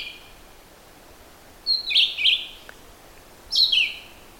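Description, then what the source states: Red-eyed Vireo song: short whistled phrases that slur downward, a few phrases with brief pauses between them, steady hiss behind. Reliable singer with a pretty song, heard on quiet mornings.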